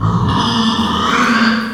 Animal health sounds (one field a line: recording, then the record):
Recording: squeal of a Yucatan mini pig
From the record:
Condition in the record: after surgery on the right vocal fold (resection and tissue-engineered implant)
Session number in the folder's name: 15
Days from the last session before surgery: 175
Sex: female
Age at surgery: 19 weeks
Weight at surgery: 25 kg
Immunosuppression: prednisolone